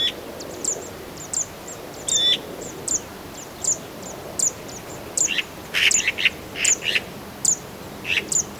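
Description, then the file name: Eurasian magpie calls, harsh bursts clustering in the second half, over a steady backdrop of repeated high thin chirps from other birds. "Pica pica"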